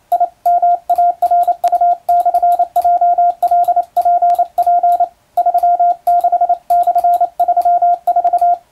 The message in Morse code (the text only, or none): IMARU/JLPP 36/34